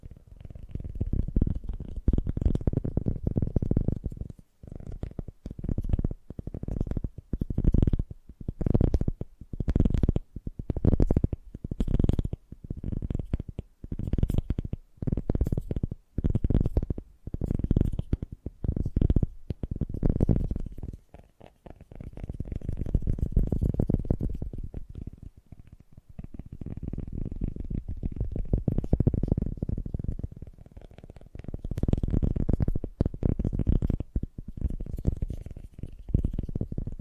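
Fast, gentle tapping in steady dense runs of soft, low thuds, pausing briefly near 4, 20 and 25 seconds before resuming.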